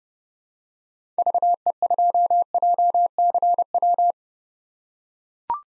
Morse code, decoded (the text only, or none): VE2JCW